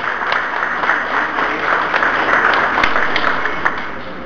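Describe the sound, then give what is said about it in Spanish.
Steady audience applause for a speaker from the women trade unionists' coordinating organization fills the whole stretch, a dense wash of many hands clapping at a fairly loud, even level with occasional sharper claps standing out. “Estará un aplauso, por favor, para la compañera.”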